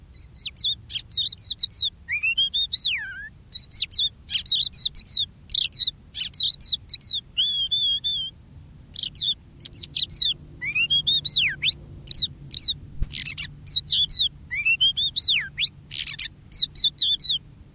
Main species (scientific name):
Galerida cristata